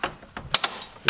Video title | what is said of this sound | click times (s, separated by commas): How To Make Loud Intake Sounds With A MK5 GTI! | be able to get it you'll hear it click on too there | 0.5 s